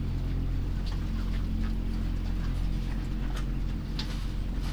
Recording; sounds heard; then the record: poultry house recording; sick chickens (respiratory disease)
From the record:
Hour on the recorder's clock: 23